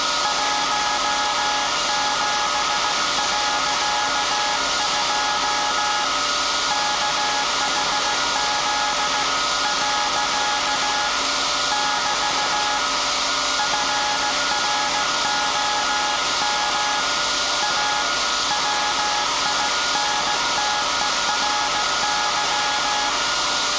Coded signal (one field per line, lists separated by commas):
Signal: Morse code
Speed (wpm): 16 wpm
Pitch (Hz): 840 Hz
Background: none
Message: 17.2 KHZ . <BT> FROM A WINTERY